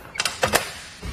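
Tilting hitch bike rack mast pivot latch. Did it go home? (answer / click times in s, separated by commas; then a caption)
yes / 0.4 s, 0.6 s. A Yakima RidgeBack 4-bike hitch rack on a 2022 Ram 1500 Classic is pushed from its tilted position back upright, giving several short metallic clicks around 0.2 and 0.3 seconds. Its tilt pivot latch locks in place with sharp clicks at 0.4 and 0.6 seconds, seating the rack upright.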